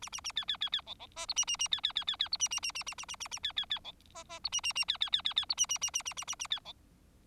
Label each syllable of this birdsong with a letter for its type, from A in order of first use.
A A A B B B B C C D E A A A B B B B B E A A A A A A A A A B B B C D D E A A A B B B B B E A A A A A A A A B C